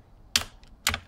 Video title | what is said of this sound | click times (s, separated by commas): Modification tringlerie et remontage NP242 Jeep XJ Part 4 | Clé dynamométrique, clac | 0.4 s, 0.9 s